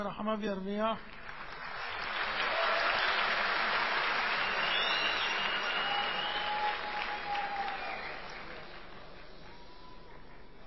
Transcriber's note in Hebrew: מחיאות כפים